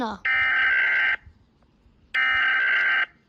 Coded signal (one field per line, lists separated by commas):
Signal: Emergency Alert System (SAME) tones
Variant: header bursts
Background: speech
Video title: Ranking EAS alarms PT 11￼